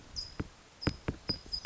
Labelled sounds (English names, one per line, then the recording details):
California Towhee
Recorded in Sonoma County, California